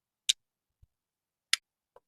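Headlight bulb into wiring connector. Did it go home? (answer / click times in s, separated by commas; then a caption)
yes / 0.3 s, 1.5 s. A new headlight bulb for a 2019 Chevy Traverse is pushed into its plastic wiring connector, lined up by small divots. Two sharp, bright clicks ring out at 0.3 s and 1.5 s, with a faint low thump between them and a soft tap near the end. The bulb snaps in and is seated in the connector.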